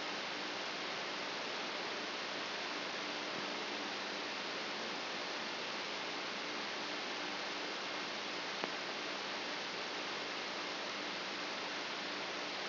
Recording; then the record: brain microelectrode recording played as sound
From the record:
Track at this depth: inside the subthalamic nucleus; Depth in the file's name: 2.634 mm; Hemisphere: left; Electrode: 3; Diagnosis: Parkinson's disease